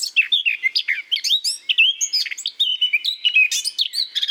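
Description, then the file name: Eurasian blackcap in rapid, varied warbling, with chattering notes mixed with brief clear whistles, delivered in an unbroken stream. "Sylvia atricapilla"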